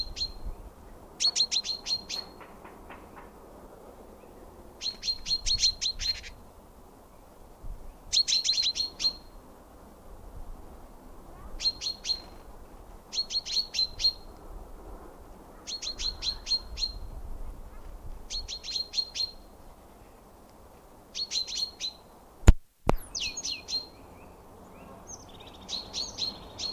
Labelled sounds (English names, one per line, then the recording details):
Common Chaffinch alarm call
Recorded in the wild
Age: adult
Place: Garmisch-Partenkirchen, Bayern, DE
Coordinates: 47.4931, 11.0633
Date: 1962-04-16
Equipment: Stellavox SM 5, Original, Vollspur
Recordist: Tretzel, Erwin